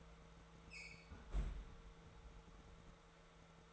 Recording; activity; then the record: daily activity, microphone in the room; close fridge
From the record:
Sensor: 3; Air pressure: 1014.8 hPa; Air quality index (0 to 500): 196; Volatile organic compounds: 26 ppm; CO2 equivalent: 2865 ppm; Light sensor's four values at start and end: 26/65/27/29 and 20/51/21/22